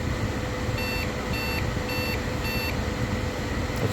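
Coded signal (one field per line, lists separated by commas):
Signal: beep code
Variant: PC BIOS POST beeps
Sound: four short high beeps, evenly spaced, over steady background hum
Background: fan noise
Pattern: 4 short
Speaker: not sure what that means that's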